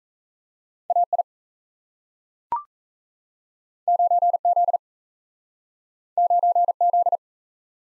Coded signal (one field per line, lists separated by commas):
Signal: Morse code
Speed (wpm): 37 wpm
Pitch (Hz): 700 Hz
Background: none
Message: AI 9Z 9Z